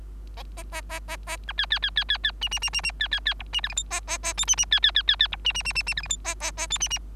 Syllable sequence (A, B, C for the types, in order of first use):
A A A A A B C C C C C C D D D D D C C C E D F G H A A A I D D C C C C C E D D D D D F G H A A A I D D